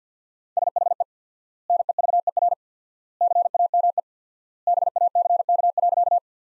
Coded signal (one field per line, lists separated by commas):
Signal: Morse code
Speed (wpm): 50 wpm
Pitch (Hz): 700 Hz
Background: none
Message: SHE NEVER CAME BACK.